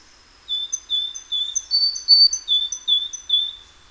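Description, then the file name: Great tit repeating clear two-note whistled phrases, a high note and a lower one, about two each second, steady and ringing throughout. "Parus major"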